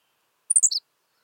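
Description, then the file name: Henslow's sparrow with one terse, very high song burst of a few sharp notes stepping downward, quick and hiccup-like, otherwise silence. "Ammodramus henslowii - Henslow's Sparrow"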